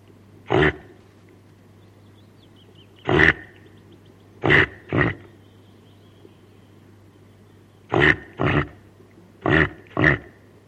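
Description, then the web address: Reindeer call with eight short rough grunts, several in quick pairs, separated by quiet gaps, over a low constant hum. Female reindeer (caribou) calling her calf. "sonidos del reno caribu la hembra del reno llama a su cria"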